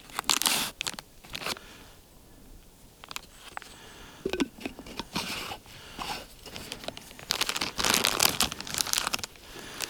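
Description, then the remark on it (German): A plastic zip-top bag, found inside a lighthouse and broken in several places at its seal, crinkles and rustles as it is handled, with irregular bursts of sharp, crackly crumpling that swell and fade over several seconds, no voices present. “In dem Leuchtturm befindet sich eine Ziploc-Tüte, die man aber nicht mehr ziplocken muss, all dieweil sie kaputt ist, mehrfach, und zwar oben am Verschluss.”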